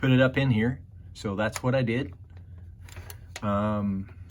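A plastic scale-model car body is handled over a swapped-in 1967 Chevelle chassis frame while someone talks, with a few faint ticks of plastic handling between phrases. Nothing has seated or snapped into place yet.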